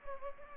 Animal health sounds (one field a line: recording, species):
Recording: mosquito wingbeat signal from an infrared sensor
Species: Anopheles gambiae